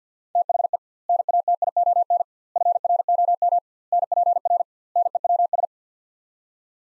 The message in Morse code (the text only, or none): THE NATION FROM NPR NEWS